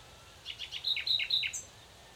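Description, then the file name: Common nightingale song phrase, a short run of clear chirped notes stepping along rapidly, ending in a higher thin note, over quiet background. "Luscinia megarhynchos"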